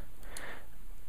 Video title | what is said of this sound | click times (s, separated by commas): Transformers DOTM Cyberverse Blackout: toy review (playing the Optibotimus Drinking game) :) | and you get a bit of a click and then you know you're there and you just as | 0.4 s